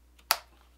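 The clamp lever of a belt buckle is pushed down hard onto the cut end of the belt strap inserted into it, until the lever snaps shut. A faint tick at 0.2 s comes before a sharp, bright snap at 0.3 s, and the lever is shut on the belt.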